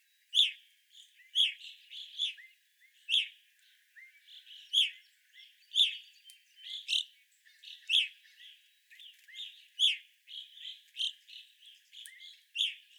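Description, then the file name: Evening grosbeak flock calling, strong piercing chirps coming about once a second, mixed with soft twittering and short upslurred notes. Evening grosbeaks, 25 April 2021. "2021-04-25 Evening Grosbeaks"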